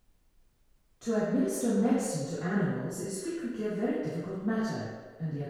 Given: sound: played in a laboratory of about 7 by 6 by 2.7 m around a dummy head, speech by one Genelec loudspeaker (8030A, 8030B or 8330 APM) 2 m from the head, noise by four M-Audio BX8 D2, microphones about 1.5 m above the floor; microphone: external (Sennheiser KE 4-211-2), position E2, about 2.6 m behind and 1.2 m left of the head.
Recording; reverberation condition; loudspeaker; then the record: female speech in English; high; behind (180 degrees)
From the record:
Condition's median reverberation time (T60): about 1300 ms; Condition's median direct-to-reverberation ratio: about -4.0 dB